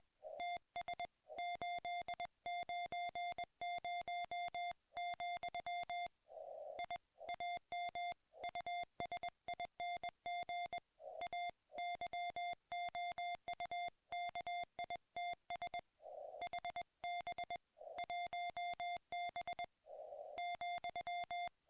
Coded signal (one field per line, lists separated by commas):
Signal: Morse code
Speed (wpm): 21 wpm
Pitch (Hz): 700 Hz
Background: music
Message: TS 890, I AM USING A YOUKITS HB 1B ,